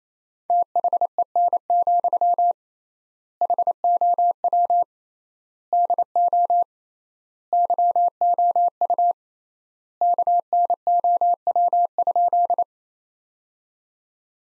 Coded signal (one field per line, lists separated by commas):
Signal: Morse code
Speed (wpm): 28 wpm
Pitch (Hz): 700 Hz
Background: none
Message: THEN, HOW DO YOU KNOW?